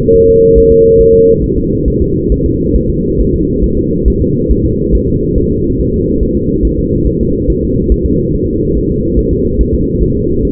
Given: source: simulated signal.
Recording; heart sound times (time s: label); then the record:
fetal heart sounds
0.16 s: S1
0.30 s: S2
0.58 s: S1
0.72 s: S2
1.01 s: S1
1.15 s: S2
1.44 s: S1
1.58 s: S2
1.88 s: S1
2.02 s: S2
2.32 s: S1
2.46 s: S2
2.76 s: S1
2.90 s: S2
3.20 s: S1
3.35 s: S2
3.64 s: S1
3.78 s: S2
4.08 s: S1
4.22 s: S2
4.52 s: S1
4.65 s: S2
4.95 s: S1
5.09 s: S2
5.38 s: S1
5.52 s: S2
5.80 s: S1
5.94 s: S2
6.23 s: S1
6.37 s: S2
6.65 s: S1
6.79 s: S2
7.07 s: S1
7.21 s: S2
7.50 s: S1
7.64 s: S2
7.92 s: S1
8.06 s: S2
8.35 s: S1
8.48 s: S2
8.77 s: S1
8.91 s: S2
9.19 s: S1
9.33 s: S2
9.61 s: S1
9.75 s: S2
10.03 s: S1
10.17 s: S2
10.45 s: S1
From the record:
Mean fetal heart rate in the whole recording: 140 bpm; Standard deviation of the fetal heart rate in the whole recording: 2 bpm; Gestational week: 34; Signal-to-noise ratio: -10.2 dB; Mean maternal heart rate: 72 bpm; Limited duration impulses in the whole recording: present